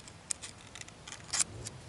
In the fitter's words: pops right in like that